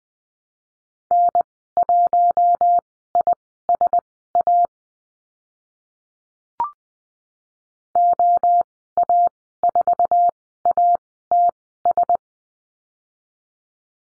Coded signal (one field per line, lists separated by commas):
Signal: Morse code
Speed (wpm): 20 wpm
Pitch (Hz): 700 Hz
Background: none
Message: N1ISA OA4ATS